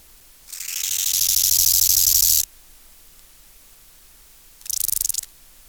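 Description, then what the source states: Bow-winged grasshopper stridulating: one buzzy, crescendoing phrase lasting about two seconds, then a short, softer burst of rasping a couple of seconds later. Subspecies Chorthippus biguttulus euhedickei.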